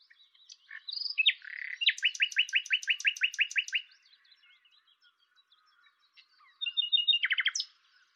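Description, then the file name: Common nightingale song: a rich phrase of loud repeated notes, about ten rapid strokes in a row, then a pause and a second rattling, high phrase. "Luscinia megarhynchos"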